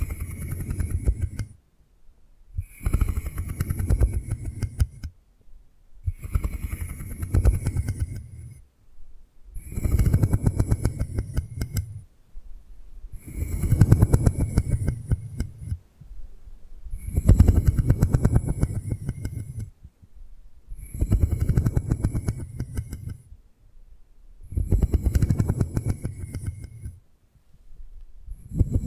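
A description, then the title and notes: Ear picking with props makes regular scratchy, rumbling rubbing strokes, each lasting about two seconds, separated by brief silences and repeating steadily throughout. 3D panoramic ear picking with various props.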